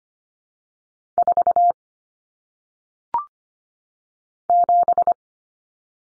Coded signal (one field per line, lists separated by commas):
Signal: Morse code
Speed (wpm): 25 wpm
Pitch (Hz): 700 Hz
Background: none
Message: 4 7